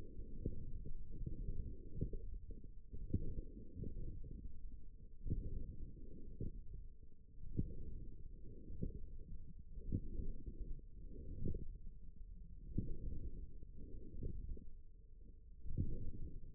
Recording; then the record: forearm muscle sounds (acoustic myography)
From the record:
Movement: forearm pronation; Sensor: system 1, eight BSWA MPA416 microphones around the upper forearm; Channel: 4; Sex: male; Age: 18 years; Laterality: right